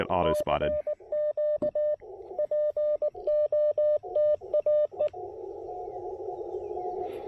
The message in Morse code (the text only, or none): CQ POTA E